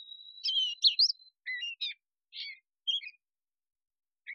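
Catbird singing a string of varied squeaky and slurred notes in short bursts, separated by brief pauses, over a faint steady high tone at the start.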